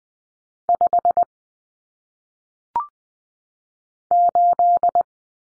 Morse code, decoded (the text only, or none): 5 8